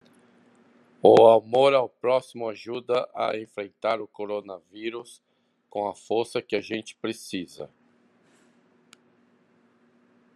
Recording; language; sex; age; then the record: spoken sentence; Brazilian Portuguese; female; 50 to 59 years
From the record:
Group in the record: control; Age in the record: 53 years